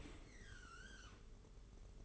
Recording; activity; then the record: daily activity, microphone in the room; open dishwasher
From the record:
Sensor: 4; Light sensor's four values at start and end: 23/78/28/30 and 23/78/28/30